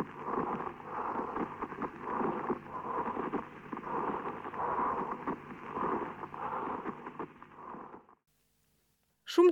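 Coarse, grating, creaking bursts recur in step with breathing for about eight seconds over an adult chest. This is a pleural friction rub, heard when inflamed pleural layers rub together (dry pleurisy), with urea crystal deposits on them in uremia, and with tuberculous or cancerous involvement of this part of the bronchopulmonary system.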